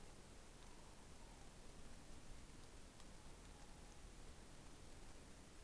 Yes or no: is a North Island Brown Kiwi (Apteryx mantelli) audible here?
no